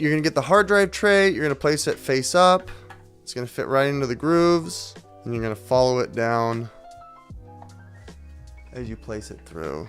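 Someone talks while placing a hard drive tray face up and sliding it down the grooves into the slot of a EufyCam 24/7 E330 security camera base station, with a few faint handling sounds around 7.6 to 8.5 seconds. The tray has not seated or clicked yet.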